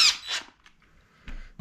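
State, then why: Stripped. A screw mounting aftermarket bucking spikes (dogs) is driven into the bottom hole of a small chainsaw's all-plastic housing, making a squeaking, turning sound followed by a thunk. The screw strips out the plastic hole, blamed on the all-plastic body, and nothing has seated or clicked.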